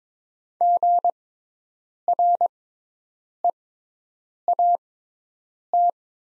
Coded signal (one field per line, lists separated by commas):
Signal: Morse code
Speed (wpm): 23 wpm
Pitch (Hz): 700 Hz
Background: none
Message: GREAT